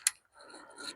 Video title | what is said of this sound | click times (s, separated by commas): coleman 6p instant up silver evo | till it clicks in like that. | 0.1 s